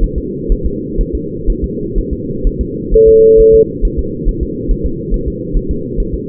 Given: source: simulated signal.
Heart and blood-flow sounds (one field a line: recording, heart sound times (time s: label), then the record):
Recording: fetal heart sounds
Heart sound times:
0.04 s: S1
0.18 s: S2
0.52 s: S1
0.66 s: S2
1.01 s: S1
1.15 s: S2
1.50 s: S1
1.64 s: S2
1.98 s: S1
2.13 s: S2
2.47 s: S1
2.61 s: S2
2.94 s: S1
3.08 s: S2
3.40 s: S1
3.55 s: S2
3.85 s: S1
3.99 s: S2
4.29 s: S1
4.43 s: S2
4.71 s: S1
4.86 s: S2
5.14 s: S1
5.28 s: S2
5.57 s: S1
5.71 s: S2
6.00 s: S1
6.14 s: S2
From the record:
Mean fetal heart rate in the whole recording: 130 bpm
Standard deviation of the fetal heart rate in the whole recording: 4 bpm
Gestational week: 38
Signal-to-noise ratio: -6.6 dB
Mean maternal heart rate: 72 bpm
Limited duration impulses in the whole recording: present